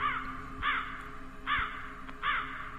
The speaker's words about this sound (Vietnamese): Chỉ thấy xa xa, ở bên chỗ những tảng cây, đâu đó có tiếng con quạ kêu lạc bầy, quang quác quang quác. Tiếng quạ kêu trong đêm văng vẳng, nghe đến rợn cả người, làm cho lão bất giác rùng mình một cái.